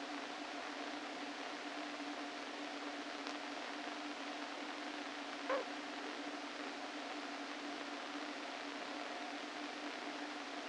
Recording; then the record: brain microelectrode recording played as sound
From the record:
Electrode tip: inside the subthalamic nucleus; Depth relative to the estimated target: 0 mm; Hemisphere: left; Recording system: NeuroSet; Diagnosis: Parkinson's disease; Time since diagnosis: 13 years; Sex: male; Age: 49 years